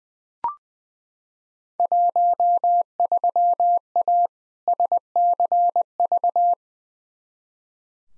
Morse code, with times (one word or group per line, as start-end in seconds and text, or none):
1.8-4.3 13A
4.7-6.5 SCV